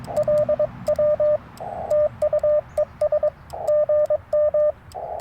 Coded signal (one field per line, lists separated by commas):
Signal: Morse code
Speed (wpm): 22 wpm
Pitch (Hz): 590 Hz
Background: radio noise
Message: LW TU ES GM